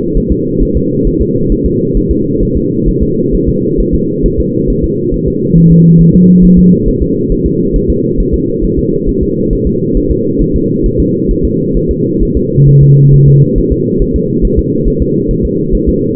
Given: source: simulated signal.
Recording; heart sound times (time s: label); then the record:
fetal heart sounds
0.17 s: S1
0.32 s: S2
0.62 s: S1
0.77 s: S2
1.07 s: S1
1.21 s: S2
1.52 s: S1
1.66 s: S2
1.97 s: S1
2.11 s: S2
2.43 s: S1
2.57 s: S2
2.88 s: S1
3.03 s: S2
3.35 s: S1
3.49 s: S2
3.80 s: S1
3.95 s: S2
4.26 s: S1
4.40 s: S2
4.70 s: S1
4.84 s: S2
5.14 s: S1
5.28 s: S2
5.58 s: S1
5.72 s: S2
6.01 s: S1
6.15 s: S2
6.45 s: S1
6.59 s: S2
6.88 s: S1
7.03 s: S2
7.32 s: S1
7.46 s: S2
7.76 s: S1
7.90 s: S2
8.20 s: S1
8.34 s: S2
8.64 s: S1
8.79 s: S2
9.09 s: S1
9.23 s: S2
9.53 s: S1
9.67 s: S2
9.97 s: S1
10.11 s: S2
10.42 s: S1
10.56 s: S2
10.86 s: S1
11.00 s: S2
11.31 s: S1
11.45 s: S2
11.77 s: S1
11.91 s: S2
12.23 s: S1
12.37 s: S2
12.69 s: S1
12.83 s: S2
13.14 s: S1
13.28 s: S2
13.58 s: S1
13.72 s: S2
14.02 s: S1
14.16 s: S2
14.45 s: S1
14.59 s: S2
14.88 s: S1
15.02 s: S2
15.31 s: S1
15.45 s: S2
15.75 s: S1
15.89 s: S2
From the record:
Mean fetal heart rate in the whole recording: 135 bpm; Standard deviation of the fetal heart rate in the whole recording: 3 bpm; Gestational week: 36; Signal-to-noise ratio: -11.2 dB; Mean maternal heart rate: 72 bpm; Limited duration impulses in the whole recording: present